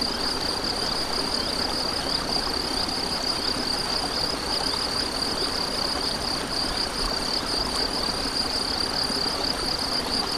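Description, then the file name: Steady rapid cricket trill, high and pulsing, with faint falling chirps now and then, over a constant broad hiss of flowing water. Crickets with a stream, recorded 7 May 2014 on an MZ-N710 recorder. "MZ-N 710 Ruisseau et grillons 7 05 14"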